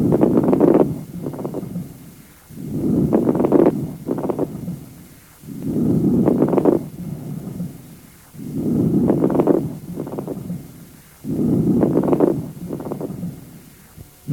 Note the crackling sounds maximum at the end of inspiration. These are coarse ralls.